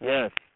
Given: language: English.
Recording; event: throat vibration sensor signal played as sound; speech